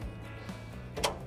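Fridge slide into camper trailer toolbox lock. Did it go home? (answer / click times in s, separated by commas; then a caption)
yes / 1.1 s. The fridge slide in the front toolbox of an MDC Explorer FF camper trailer, released with its blue lever, is pushed all the way in over a steady low hum, with a faint knock around 0.5 s. A sharp click at 1.1 s marks the slide's lock engaging, and it is seated.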